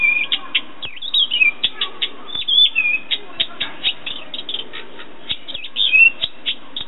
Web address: Golosa ptic - Penie drozda. Ptica - Penie ptic - Drozd